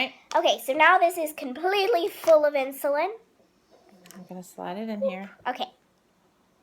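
Someone talks while handling a freshly filled plastic insulin cartridge, full of insulin, at a T-slim insulin pump, getting ready to slide it into the pump body. A few faint, brief handling ticks come around 3.9–4.1 s between the speech. The cartridge has not yet snapped into place; nothing has seated or clicked yet.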